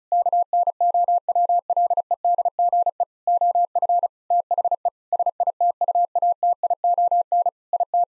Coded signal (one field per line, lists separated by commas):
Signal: Morse code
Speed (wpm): 36 wpm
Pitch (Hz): 700 Hz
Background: none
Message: KNOWLEDGE OF THE SITUATION IT